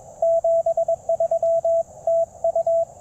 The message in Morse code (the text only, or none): 73 TU